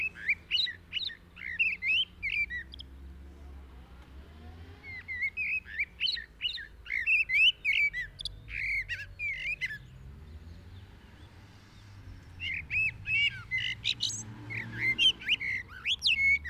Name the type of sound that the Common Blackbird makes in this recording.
song